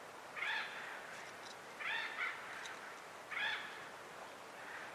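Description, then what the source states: Mexican Whip-poor-will singing three rough, trilled phrases spaced about one and a half seconds apart over a faint hiss. Recorded April 23, 2022, at a canyon trailhead in the Chiricahua Mountains, southeast Arizona, near Portal; species heard first; in the contiguous US found only in a very small range, mostly in southeast Arizona.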